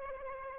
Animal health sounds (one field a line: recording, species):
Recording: mosquito wingbeat signal from an infrared sensor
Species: Aedes aegypti